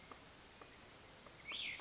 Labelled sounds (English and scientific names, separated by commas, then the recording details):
Cassin's Vireo (Vireo cassinii)
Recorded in Sonoma County, California